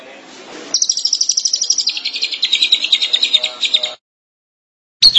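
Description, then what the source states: Long-tailed Shrike song: a single rapid, grating trill of repeated notes lasting about three seconds, then silence and a brief final note. Local Indonesian name 'pentet'; recording labelled 201703.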